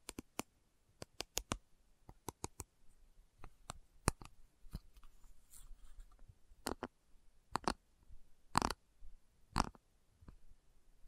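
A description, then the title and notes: Slow tapping: sharp, crisp taps in irregular clusters, a quick flurry early, then sparser, louder knocks later over a quiet, faintly rustling background. ASMR Slow Tapping for Deep Sleep (No Talking).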